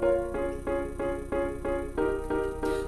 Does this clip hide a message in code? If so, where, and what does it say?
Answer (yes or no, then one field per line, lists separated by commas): no